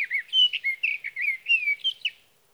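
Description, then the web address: Sage thrasher singing a quick jumble of warbling phrases with slurred rising and falling whistles, steady and unbroken for about two seconds. "birdsongforthecurious Sage Thrasher"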